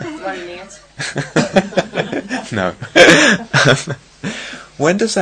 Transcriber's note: laughter